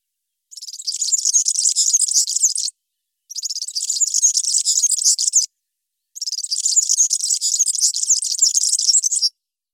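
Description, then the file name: European serin song in three bursts of rapid, sizzling, high-pitched jingling, each two to three seconds long and separated by short silences. "Girlitz"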